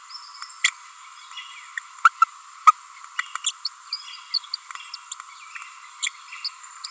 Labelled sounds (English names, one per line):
Green-rumped Parrotlet babbling